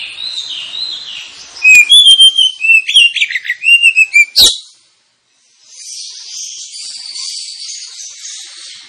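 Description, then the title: Oriental magpie-robin song: loud rapid sequence of sweet whistles and sharp chips for about three seconds, a short pause, then a soft high chatter. Lure recording of kacer singing, intended to provoke other kacer birds into singing and fighting, with full song bursts called tembakan. "Kacer Langsung Tarung Konslet KACER NGOTOT FULL TEMBAKAN. Kacer dimana SAJA Bakalan NGEPLONG GACOR dengan Pancingan Kacer ini"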